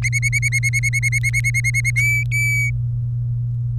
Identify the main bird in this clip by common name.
Domestic Canary